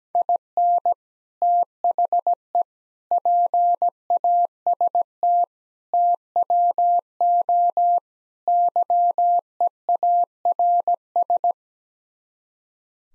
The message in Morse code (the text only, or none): IN THE PAST TWO YEARS